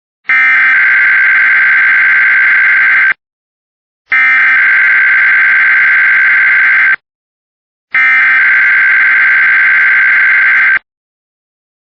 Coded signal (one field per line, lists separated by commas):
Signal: Emergency Alert System (SAME) tones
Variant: header bursts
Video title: EAS Catches #9-12 (EAS) Required Weekly Tests from today and yesterday